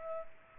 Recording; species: mosquito wingbeat signal from an infrared sensor; Culex pipiens